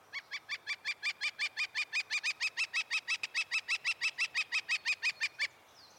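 Northern Flicker call: a long, even series of loud nasal notes, held for about five seconds and then stopping abruptly.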